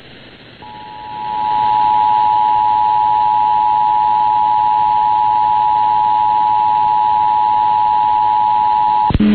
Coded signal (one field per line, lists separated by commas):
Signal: Emergency Alert System (SAME) tones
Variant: 853 and 960 Hz attention tone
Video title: WJMJ 88.9 EAS Connecticut Monthly Test 09-22-2020 12:37 PM